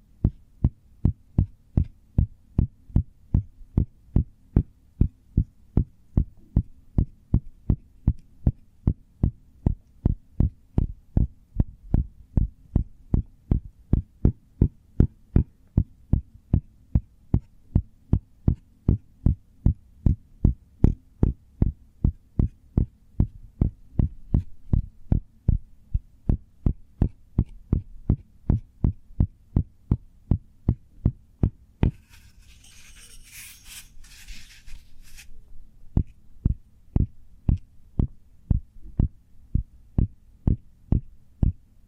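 Cork triggers: a steady run of soft, low thumps, about two or three each second, keeps an even pace. Near the 32-second mark the tapping pauses for a brief bright, scratchy rustle, then the regular thumping resumes to the end.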